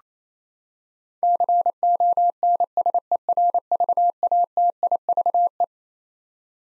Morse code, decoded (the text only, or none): CONSERVATIVE